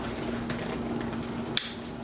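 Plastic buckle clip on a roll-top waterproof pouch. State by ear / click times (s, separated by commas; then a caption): seated / 1.6 s. After the top of a PVC roll-top waterproof pouch is rolled down, its plastic buckle clip is snapped shut, giving one sharp, bright click at 1.6 s over a low steady hum. A softer tap comes earlier at 0.5 s, and the buckle clips closed.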